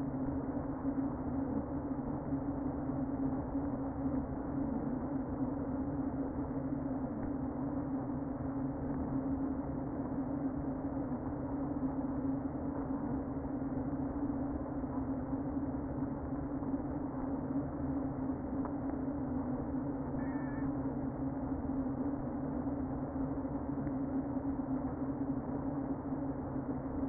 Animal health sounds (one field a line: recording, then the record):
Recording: honeybee colony, microphone inside the hive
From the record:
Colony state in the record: queen present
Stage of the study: before two queens were removed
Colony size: about 60,000 bees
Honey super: yes